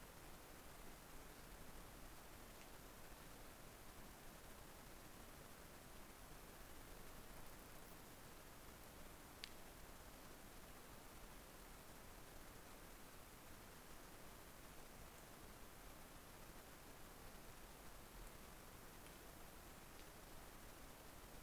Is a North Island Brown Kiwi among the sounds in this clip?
no